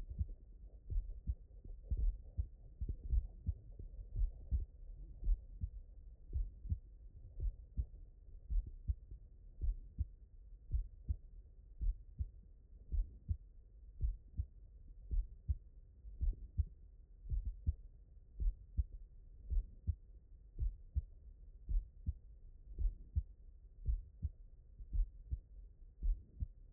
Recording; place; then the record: heart sounds by stethoscope; mitral valve (MV)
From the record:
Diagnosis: non-HFrEF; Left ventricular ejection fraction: 62%